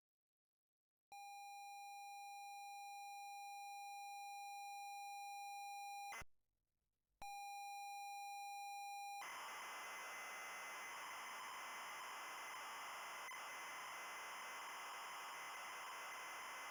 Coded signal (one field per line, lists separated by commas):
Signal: ZX Spectrum tape loading